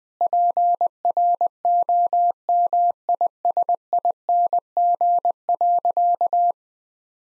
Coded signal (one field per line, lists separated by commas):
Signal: Morse code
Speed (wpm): 21 wpm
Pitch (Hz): 700 Hz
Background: none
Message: PROMISING.